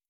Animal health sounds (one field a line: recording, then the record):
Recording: hydrophone in a shrimp aquaculture tank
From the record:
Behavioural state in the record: stressed